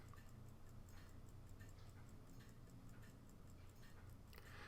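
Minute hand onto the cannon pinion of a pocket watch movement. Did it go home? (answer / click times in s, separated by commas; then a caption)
no / none. The minute hand of a Hamilton Model 940 21-jewel, 18-size pocket watch is picked up and lined up over the cannon pinion of the movement, ready to be pressed down. Only faint handling ticks are heard, with small sharp taps near 0.1 s, 4.3 s and 4.4 s. The hand has not yet been pushed on, and nothing has snapped into place.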